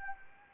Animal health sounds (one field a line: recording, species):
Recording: mosquito wingbeat signal from an infrared sensor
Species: Anopheles gambiae